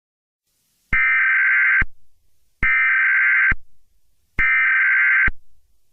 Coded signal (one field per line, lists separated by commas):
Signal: Emergency Alert System (SAME) tones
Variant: header bursts